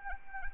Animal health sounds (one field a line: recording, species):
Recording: mosquito wingbeat signal from an infrared sensor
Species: Anopheles arabiensis